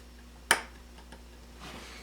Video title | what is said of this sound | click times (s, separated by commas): iPhone 6 Charging Port Replacement How To Change | And you'll just hear it snap right on. | 0.5 s